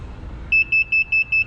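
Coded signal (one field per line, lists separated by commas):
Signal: beep code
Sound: series of short high-pitched electronic beeps, about five per second, cut off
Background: low background rumble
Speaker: 5 speed means speed 5, and I release it, that means I set it to speed 5.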